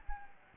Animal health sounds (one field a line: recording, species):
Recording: mosquito wingbeat signal from an infrared sensor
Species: Anopheles arabiensis